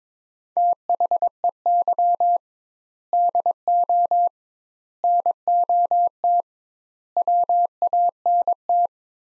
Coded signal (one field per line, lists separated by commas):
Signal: Morse code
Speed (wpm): 22 wpm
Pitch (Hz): 700 Hz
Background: none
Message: THEY DO NOT WANT